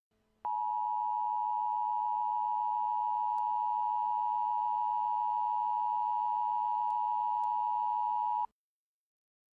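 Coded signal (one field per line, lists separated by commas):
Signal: Emergency Alert System (SAME) tones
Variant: 853 and 960 Hz attention tone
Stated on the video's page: Mock high wind warning made with an EAS emulator from real NWS warning text, using borrowed EAS headers.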